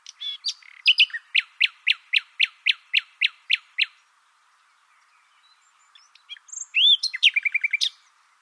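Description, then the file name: Common nightingale song: a rapid series of about ten loud repeated notes, a pause, then a whistle and another fast repeated burst. "Luscinia megarhynchos"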